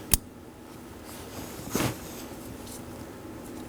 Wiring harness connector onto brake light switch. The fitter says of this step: Going to push it until I hear audible click.